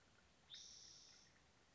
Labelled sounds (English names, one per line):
Spotted Towhee